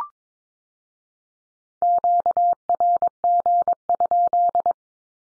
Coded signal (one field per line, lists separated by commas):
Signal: Morse code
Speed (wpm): 22 wpm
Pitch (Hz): 700 Hz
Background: none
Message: QRG?